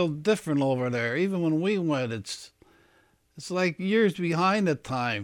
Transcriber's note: none